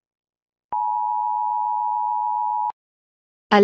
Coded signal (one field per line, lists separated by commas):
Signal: Emergency Alert System (SAME) tones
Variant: 853 and 960 Hz attention tone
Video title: ⚠️Monche Republic EAS Alarm (2011) (Requested) (Fictional Nation (Fake) (Mock)⚠️